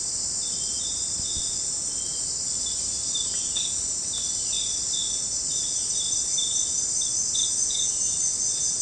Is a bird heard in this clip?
no